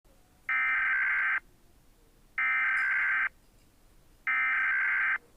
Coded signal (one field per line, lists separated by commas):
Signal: Emergency Alert System (SAME) tones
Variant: header bursts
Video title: Rating EAS Alarms (My Version)